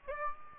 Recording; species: mosquito wingbeat signal from an infrared sensor; Aedes aegypti